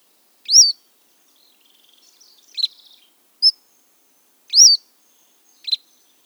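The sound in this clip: Cordilleran flycatcher repeating clear upward-sweeping whistles and short high chips, with a soft twittering passage between them.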